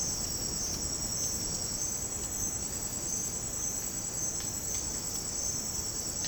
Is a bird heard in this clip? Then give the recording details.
no. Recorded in dense forest near Puerto Asís, Putumayo, Colombia, on 30 June 2025 at 08:00. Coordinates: 0.486, -76.317. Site G065